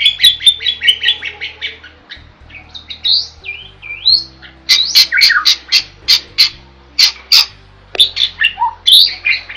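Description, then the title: Bird song opening with quick buzzy trills, then loud sharp chirps repeated in rapid succession, with a steady low hum in the background. Masteran recording made for training songbirds. "Master Burung Jos"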